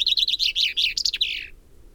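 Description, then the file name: Common chaffinch song: a rapid, bright trill of repeated notes falling in pitch and ending in a short flourish after about one and a half seconds, then quiet. "Fringilla coelebs"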